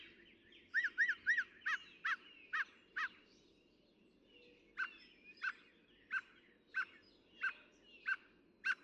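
Northern mockingbird song: a quick triple phrase, then four short notes, a pause, and more short notes repeated about every two-thirds of a second over background noise.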